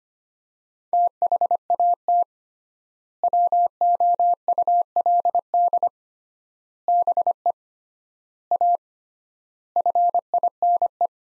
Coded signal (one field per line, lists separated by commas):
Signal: Morse code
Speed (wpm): 25 wpm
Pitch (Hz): 700 Hz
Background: none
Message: THAT WOULD BE A FINE